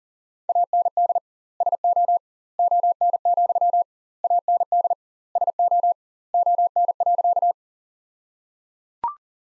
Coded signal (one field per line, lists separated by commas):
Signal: Morse code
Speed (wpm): 37 wpm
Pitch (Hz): 700 Hz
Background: none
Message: AND SO ON, AND SO ON.